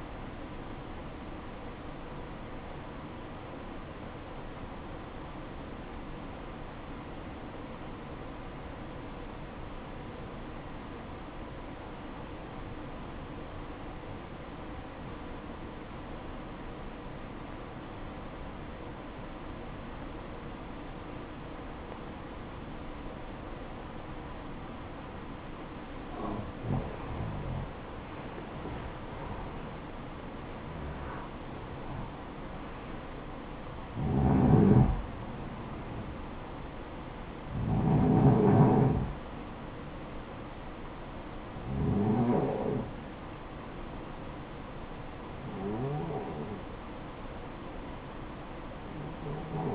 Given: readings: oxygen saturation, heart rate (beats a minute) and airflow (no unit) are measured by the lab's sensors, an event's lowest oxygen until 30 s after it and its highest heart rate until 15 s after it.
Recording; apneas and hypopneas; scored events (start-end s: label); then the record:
breathing in sleep by a voice recorder at the bedside; 1
5.00-27.50 s: obstructive apnea (REM, oxygen 95% highest, then 90% lowest, heart rate 58 at the start, 80 highest)
From the record:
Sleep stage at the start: REM sleep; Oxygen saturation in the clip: 90 to 95%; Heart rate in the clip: 56 to 80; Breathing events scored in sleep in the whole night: 573 in 9.8 hours asleep